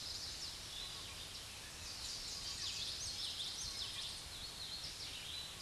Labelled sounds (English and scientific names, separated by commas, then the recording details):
Common Yellowthroat (Geothlypis trichas) song
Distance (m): 60 m
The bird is about 15 m above the microphone
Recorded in a Pennsylvania forest on 16 May 2024 at 06:34
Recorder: AudioMoth, point MSD-1035
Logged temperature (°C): 16.3 °C
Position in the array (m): 243 m, 175 m